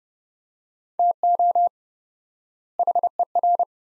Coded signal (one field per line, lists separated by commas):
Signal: Morse code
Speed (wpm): 30 wpm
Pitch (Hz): 700 Hz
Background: none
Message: TO HER